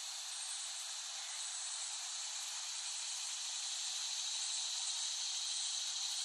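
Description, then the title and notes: Steady cicada drone, a bright high buzz that never pauses and rises a little in loudness over the seconds. Cicadas in West Brighton, Staten Island, late summer 2008, by Dan Bodah. "Dronecast No. 021: The Cicadas of Summer. Recording of cicadas made by Dan Bodah in West Brighton, Staten Island, late summer 2008"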